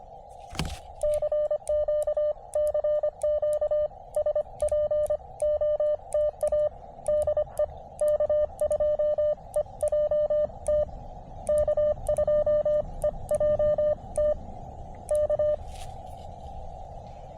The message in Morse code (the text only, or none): CQ CQ SPOTA DE K2EJT K2EJT K